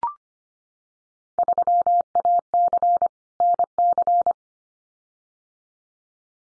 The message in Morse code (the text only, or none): 3AC NC